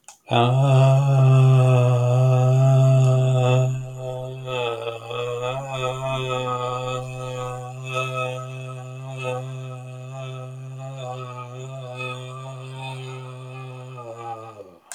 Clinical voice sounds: vowel held as long as possible; male; 70 to 79 years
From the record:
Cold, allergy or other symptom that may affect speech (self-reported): no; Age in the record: 70 years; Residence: Florida, United States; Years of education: 18

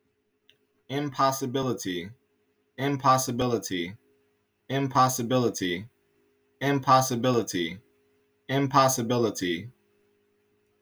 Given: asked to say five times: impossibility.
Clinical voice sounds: repeated word; male; 30 to 39 years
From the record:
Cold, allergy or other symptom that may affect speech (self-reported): no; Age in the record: 35 years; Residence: Oregon, United States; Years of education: 14

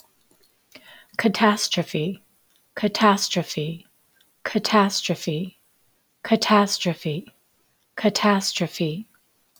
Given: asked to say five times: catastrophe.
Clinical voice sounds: repeated word; female; 50 to 59 years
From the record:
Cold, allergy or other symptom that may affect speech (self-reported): no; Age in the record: 55 years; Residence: Georgia, United States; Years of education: 18

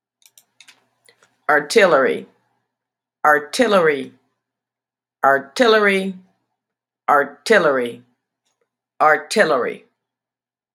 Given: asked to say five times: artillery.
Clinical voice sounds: repeated word; female; 50 to 59 years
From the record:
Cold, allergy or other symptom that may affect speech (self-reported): no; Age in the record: 56 years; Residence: North Carolina, United States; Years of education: 16

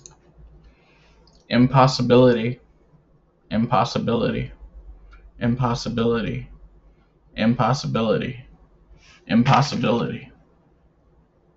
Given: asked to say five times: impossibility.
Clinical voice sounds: repeated word; male; 30 to 39 years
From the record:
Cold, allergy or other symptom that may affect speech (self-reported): no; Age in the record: 35 years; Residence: Illinois, United States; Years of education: 14

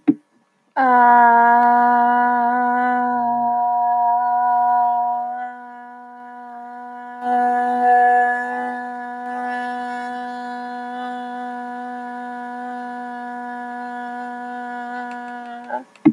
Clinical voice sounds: vowel held as long as possible; female; 30 to 39 years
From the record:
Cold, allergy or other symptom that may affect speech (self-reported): no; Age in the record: 35 years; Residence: California, United States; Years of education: 14

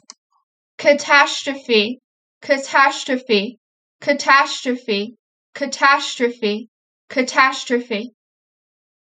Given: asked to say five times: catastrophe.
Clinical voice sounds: repeated word; female; 30 to 39 years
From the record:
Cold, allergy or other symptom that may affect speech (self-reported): no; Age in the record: 30 years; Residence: Pennsylvania, United States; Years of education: 16

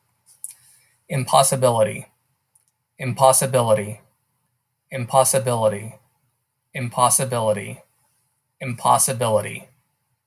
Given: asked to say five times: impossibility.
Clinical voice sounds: repeated word; male; 50 to 59 years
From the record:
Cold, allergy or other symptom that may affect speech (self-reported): no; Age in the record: 53 years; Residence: Arkansas, United States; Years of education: 19

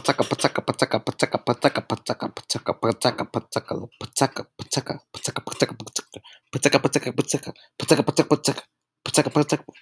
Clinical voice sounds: repeated syllables /pa ta ka/; male; 20 to 29 years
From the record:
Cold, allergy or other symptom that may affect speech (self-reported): no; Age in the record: 21 years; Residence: South Carolina, United States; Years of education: 12

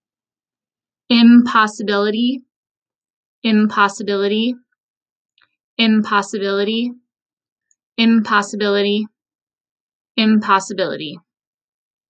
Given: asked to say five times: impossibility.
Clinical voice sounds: repeated word; female; 30 to 39 years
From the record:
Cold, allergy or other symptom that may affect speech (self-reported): no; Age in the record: 33 years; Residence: Minnesota, United States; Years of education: 16

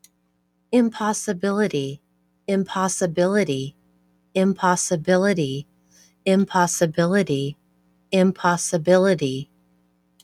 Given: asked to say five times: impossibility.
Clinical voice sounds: repeated word; female; 50 to 59 years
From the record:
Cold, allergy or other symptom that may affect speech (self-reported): no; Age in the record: 54 years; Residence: Arizona, United States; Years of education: 12

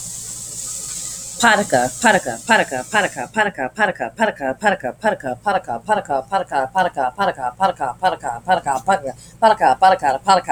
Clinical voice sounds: repeated syllables /pa ta ka/; female; 40 to 49 years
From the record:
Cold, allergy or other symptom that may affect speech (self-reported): no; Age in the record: 43 years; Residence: New Jersey, United States

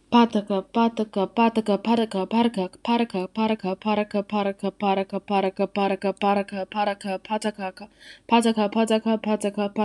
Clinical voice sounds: repeated syllables /pa ta ka/; female; 20 to 29 years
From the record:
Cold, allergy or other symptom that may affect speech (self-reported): no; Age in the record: 21 years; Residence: Illinois, United States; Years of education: 16

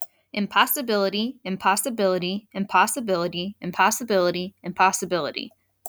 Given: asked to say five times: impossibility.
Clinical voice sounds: repeated word; female; 30 to 39 years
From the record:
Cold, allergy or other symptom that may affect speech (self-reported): no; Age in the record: 30 years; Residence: Virginia, United States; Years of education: 17

